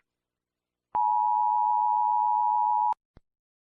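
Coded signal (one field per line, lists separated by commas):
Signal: Emergency Alert System (SAME) tones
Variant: 853 and 960 Hz attention tone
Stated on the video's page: Fictional EAS scenario.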